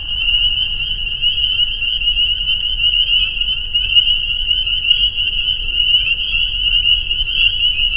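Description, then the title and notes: Spring peepers calling en masse, high sharp peeps running together into a constant ringing chorus with faint low noise. Soundscape at a peeper pond on friends' property in northern Vermont. "Peepers. the peeper pond on our friends' property in northern Vermont"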